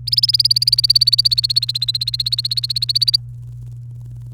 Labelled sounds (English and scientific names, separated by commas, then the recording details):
Domestic Canary (Serinus canaria) song
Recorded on 29 April 2018 at 17:39
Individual llb3